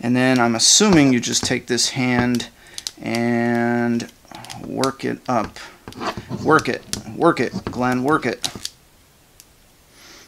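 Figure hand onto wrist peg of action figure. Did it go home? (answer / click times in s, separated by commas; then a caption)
yes / 9.4 s. Someone talks while working a swappable plastic hand onto the wrist peg of a 10-inch McFarlane Toys The Walking Dead action figure. After a quiet stretch, the hand pops into place with a single sharp click at 9.4 s, seated but a little stiff.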